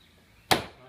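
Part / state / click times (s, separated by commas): plastic trim panel retaining clip in car door / released / 0.5 s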